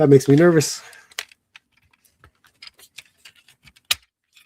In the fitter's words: There we go. There's the click. That's what I was looking for.